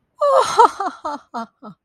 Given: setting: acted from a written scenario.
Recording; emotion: vocal sound without words; amusement